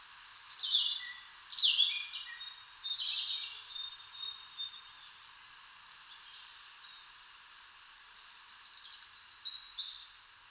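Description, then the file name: European robin song, a thin, rippling high phrase of descending slurred notes, then a long pause before a second shorter twittering phrase, light hiss throughout. "Erithacus rubecula"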